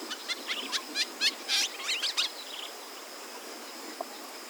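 Ashy woodswallow calls: a burst of rasping, buzzy chips repeated rapidly for about two seconds, then fading into quiet background hiss.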